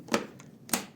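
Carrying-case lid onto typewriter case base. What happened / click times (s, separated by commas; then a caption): The case lid latched shut with two clacks / 0.1 s, 0.7 s. A Royal Aristocrat typewriter's carrying-case lid is brought down onto the case base over the machine, pressing a small lever in as it goes. It shuts with two loud clacks at 0.1 s and 0.7 s, with fainter ticks between and after, and the lid is closed and seated.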